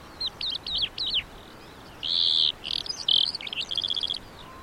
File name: suara kicauan calandra lark